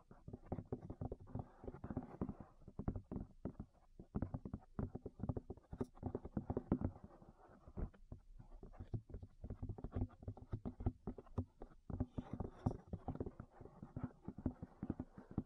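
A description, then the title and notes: Ear tapping: quick, dull taps and soft knocks come in rapid, uneven bursts for the whole stretch. The hits are mostly low and thumpy, sometimes clustered like a flurry, with a brief lighter patch near the middle before the dense tapping resumes. ASMR Tap Your Ears 3Dio (No Talking).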